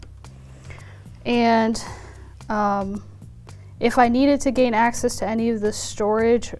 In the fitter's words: ahead and bring this adapter bulkhead down make sure it's snapped into place